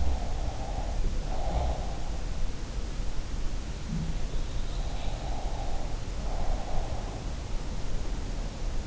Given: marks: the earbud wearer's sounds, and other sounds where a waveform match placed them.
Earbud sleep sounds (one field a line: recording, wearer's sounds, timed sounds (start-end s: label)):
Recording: sounds in sleep by an in-ear microphone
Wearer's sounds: breath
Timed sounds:
0.00-2.13 s: breath
4.77-7.15 s: breath